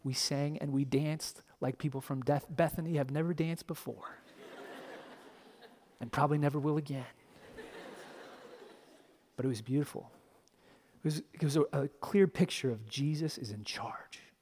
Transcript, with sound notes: We sang and we danced like people from Bethany have never danced before (Laughter!) and probably never will again. (Laughter!) But it was beautiful because it was a clear picture of Jesus is in charge